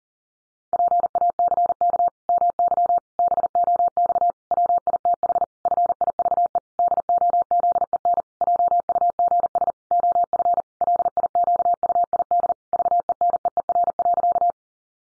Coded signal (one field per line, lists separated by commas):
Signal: Morse code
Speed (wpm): 40 wpm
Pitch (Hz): 700 Hz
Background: none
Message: PACK MY BOX WITH FIVE DOZEN JUGS OF LIQUID VENEER.